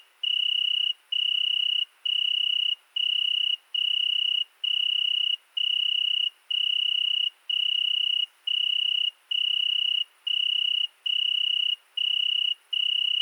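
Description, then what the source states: Italian tree cricket trilling steadily, each clear high note lasting about a second before a quick gap, repeated in an unbroken series. Night, 22:30, 13 August 2020, Fourcinet ValMaravel; single cricket singing for two nights in Virginia creeper beneath a window; recorded with Nagra Seven and MKH40 cardioid microphone.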